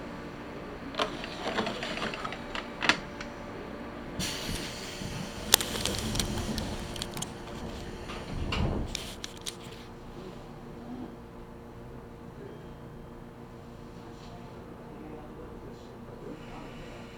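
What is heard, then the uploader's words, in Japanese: A train journey on the Kagoshima and Chikuho lines, riding through a low, steady rumble with a constant hum underneath. Clanks and rattles cluster in the first nine seconds, with a louder burst of bright noise around four to six seconds, then the ride settles into an even drone. 鹿児島本線・筑豊本線 九州工大前→折尾→本城。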